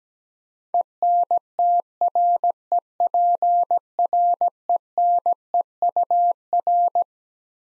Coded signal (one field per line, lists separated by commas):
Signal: Morse code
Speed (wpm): 17 wpm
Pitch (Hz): 700 Hz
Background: none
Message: ENTREPRENEUR